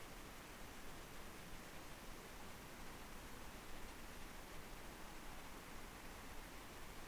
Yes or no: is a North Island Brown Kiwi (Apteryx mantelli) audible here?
no